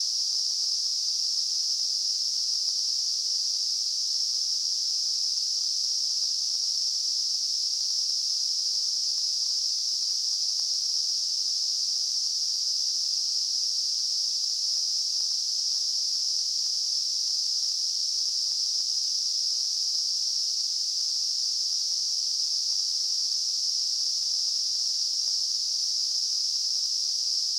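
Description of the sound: A steady, unchanging high-pitched hiss, a narrow band of noise centred around 5 kHz, continues for the full half-minute with no breaks, pulses or other sounds. This is a simulated tinnitus sample, imitating the constant hissing noise a person with tinnitus hears without any outside source.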